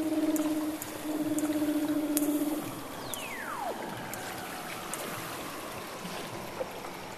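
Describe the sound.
Weddell seal underwater calls: a loud low pulsed drone, then a long sweep falling steeply from high to low pitch.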